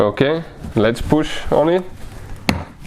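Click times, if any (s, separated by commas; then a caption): 2.5 s. A new, oiled AC compressor control valve for a Hyundai Sonata is pushed by hand into its bore in the car's AC compressor housing while someone talks. A sharp click at 2.5 s marks the valve seating fully in place.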